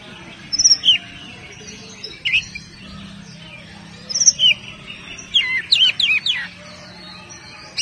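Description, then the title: Oriental magpie-robin song of scattered high whistles and slurred notes, then a quick cluster of sharp whistles. "Kacer"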